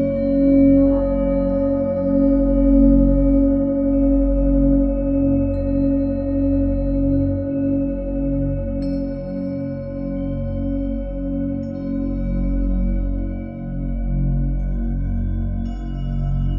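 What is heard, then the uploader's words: Tibetan bowls ring together in a dense, sustained drone, one clear tone held steady near the middle while deep low tones pulse and waver slowly beneath it. Faint higher overtones shimmer in and out, with a soft bright strike around nine seconds. Healing with Tibetan bowls.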